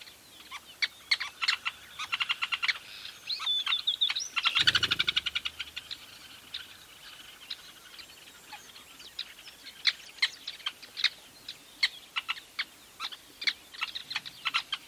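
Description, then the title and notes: Weavers chirping rapidly in quick bursts, with a brief noisy burst about a third of the way in before the sharp chirps resume at an irregular pace. Recorded at a large weaver nest in Etosha National Park, Namibia. "a large Weaver nest in Etosha NP, Namibia"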